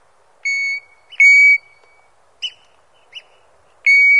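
European golden plover calling with level, mellow whistles, separated by short gaps and a few brief clipped notes.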